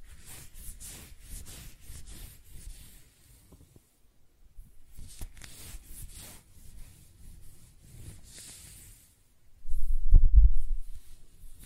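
Close-up hair sounds: soft, irregular scratching and brushing strokes with hissy highs and low rumbles, ending in a louder thump near ten seconds.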